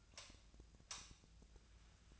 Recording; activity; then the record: daily activity, microphone in the room; light off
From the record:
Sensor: 2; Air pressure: 1009.7 hPa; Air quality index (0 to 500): 181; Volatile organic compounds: 10 ppm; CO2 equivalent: 2261 ppm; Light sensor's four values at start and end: 32/84/36/38 and 27/66/29/31